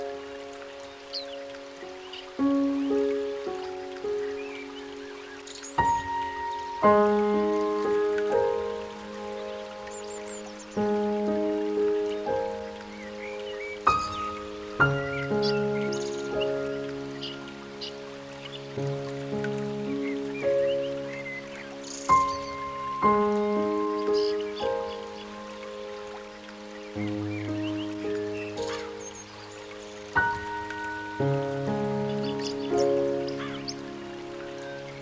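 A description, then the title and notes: Gentle piano music plays slow, sustained chords and single notes, with a new note or chord every few seconds that rings out and fades. A soft, steady wash of flowing water runs underneath, with a few faint chirps now and then. Relaxing Nature Sounds With Gentle Piano Music ( River, Birds Singing ).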